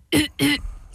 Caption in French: Qu'est-ce que le faux croup? Oui, de laryngite. Ça sonne comme un chien qui est en détresse.